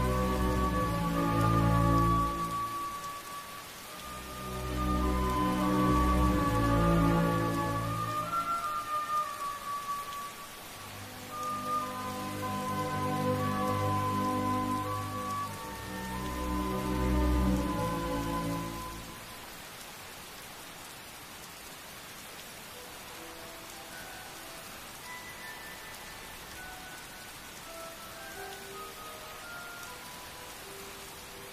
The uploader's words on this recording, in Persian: هاگواترز در شب بارانی. پادکستی که میشنوید به کمک "باینورال بیت" تهیه شده (بیت هایی که به صورت دو ضربه با فرکانسهای متفاوت شنیده میشوند).